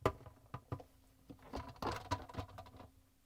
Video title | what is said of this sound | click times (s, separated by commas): How To: Whirlpool/KitchenAid/Maytag Dishwasher Water Supply Diverter WPW10455272 | do is push it down in the opening so it snaps into place once | 0.1 s